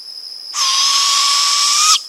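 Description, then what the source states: Barred Owl fledgling begging call, a long harsh hissing screech held steady for about one and a half seconds. Fledgling giving a begging call.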